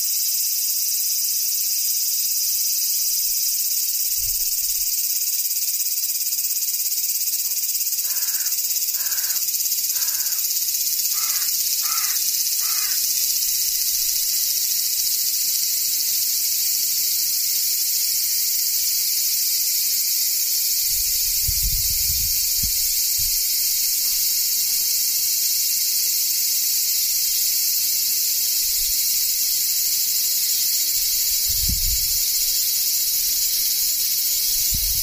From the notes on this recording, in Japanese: セミ